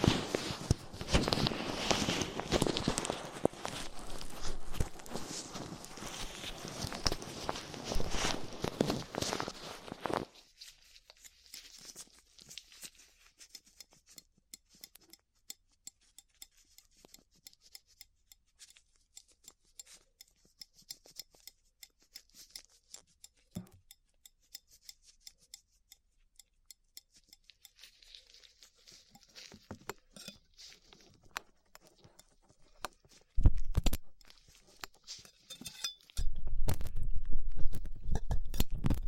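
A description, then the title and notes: Ear cleaning sounds: the first ten seconds are a dense, loud rustle of latex gloves rubbing. After that it drops to quiet, rapid clicking and scraping from a pick and cotton swabs, with louder glove rustling returning in the final seconds. ASMR 3Dio Ear Cleaning Latex Gloves, Dental Pick, Cotton Swabs (No Talking).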